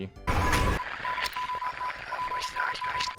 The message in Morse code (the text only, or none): EGE DOT PNG